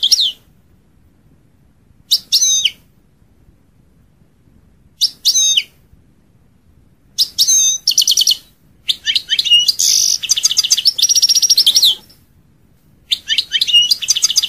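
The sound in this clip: European goldfinch song in bursts: tinkling, twittering phrases with rapid trills and buzzy notes, separated by pauses, the longest burst in the later part.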